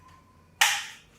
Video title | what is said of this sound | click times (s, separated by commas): Twin Baby Stroller Features Bench Seat ,Double Stroller review on amazon | And then push until you hear it snap. | 0.6 s